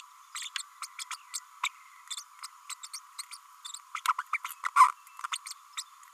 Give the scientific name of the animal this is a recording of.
Forpus passerinus